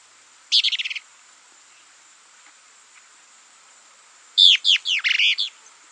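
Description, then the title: Plain-crested elaenia calls: a fast buzzy rattle of rapid notes, then after a pause a burst of sharp descending slurred notes ending in a quick series, over a steady high hiss. Subspecies Elaenia cristata cristata. "LuckyPassaro Completos2Sama. Plain-crested Elaenia (Elaenia cristata cristata)"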